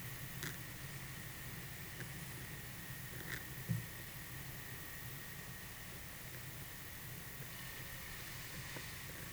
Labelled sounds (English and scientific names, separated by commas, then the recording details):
none
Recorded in pastures near Puerto Asís, Putumayo, Colombia, on 23 June 2025 at 11:00
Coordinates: 0.486, -76.323
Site H29